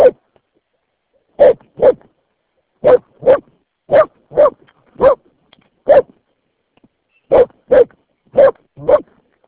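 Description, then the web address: Dog barking, short sharp barks mostly in pairs with gaps of about a second between pairs, otherwise quiet. Dog named Santra. "Santra. koirat"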